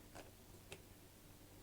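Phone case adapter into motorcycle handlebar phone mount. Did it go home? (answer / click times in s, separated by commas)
yes / 0.7 s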